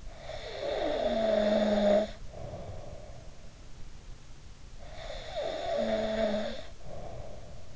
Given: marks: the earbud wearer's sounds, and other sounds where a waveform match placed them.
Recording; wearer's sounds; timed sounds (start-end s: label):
sounds in sleep by an in-ear microphone; snoring breath
0.10-3.56 s: snoring breath
4.79-7.76 s: snoring breath